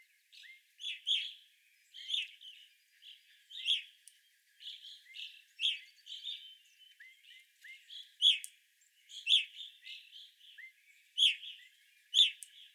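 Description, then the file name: Evening grosbeaks calling, repeated loud chirps at uneven intervals with quieter twittering and small upslurred notes between them. Evening grosbeaks, 25 April 2021. "2021-04-25 Evening Grosbeaks"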